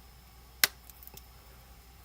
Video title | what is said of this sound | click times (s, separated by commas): Blokees Transformeres Classic Optimus Prime Live Unboxing & Build | you can hear a click when you got them in together. | 0.6 s